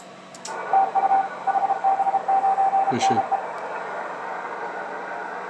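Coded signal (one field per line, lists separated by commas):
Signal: Morse code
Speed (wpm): 29 wpm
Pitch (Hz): 780 Hz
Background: speech, radio noise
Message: TU HB9NE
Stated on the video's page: DX contest CW.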